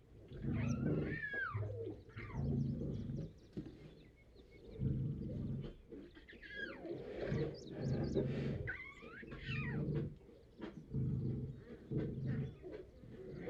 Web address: Sky Cloud Matthew Kramer GUAG Audio GUAG SFX. Lion In Cage, Roaring, Birds In B G